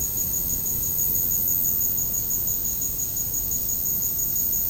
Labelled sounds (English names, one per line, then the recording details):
none
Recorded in secondary vegetation near Puerto Asís, Putumayo, Colombia, on 21 February 2024 at 09:00
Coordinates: 0.489, -76.322
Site G6419